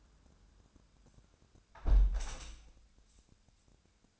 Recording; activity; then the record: daily activity, microphone in the room; close window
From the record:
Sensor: 2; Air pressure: 1000.3 hPa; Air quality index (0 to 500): 155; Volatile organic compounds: 2 ppm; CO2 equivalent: 1290 ppm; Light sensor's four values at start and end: 11/31/12/14 and 11/30/11/13